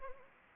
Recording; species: mosquito wingbeat signal from an infrared sensor; Anopheles arabiensis